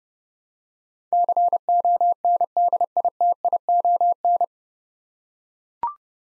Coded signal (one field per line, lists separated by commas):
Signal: Morse code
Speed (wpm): 30 wpm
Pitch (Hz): 700 Hz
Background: none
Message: CONDITION